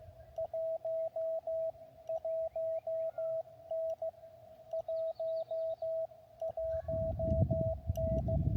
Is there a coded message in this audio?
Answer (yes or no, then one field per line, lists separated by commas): yes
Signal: Morse code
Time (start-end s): 0.4-8.4 s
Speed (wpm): 15 wpm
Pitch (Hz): 650 Hz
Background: radio noise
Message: 1 1N 11N